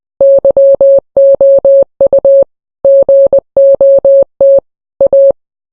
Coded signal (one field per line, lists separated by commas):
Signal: Morse code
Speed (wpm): 20 wpm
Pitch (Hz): 550 Hz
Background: none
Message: YOU GOT A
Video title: hit or miss but it’s in Morse code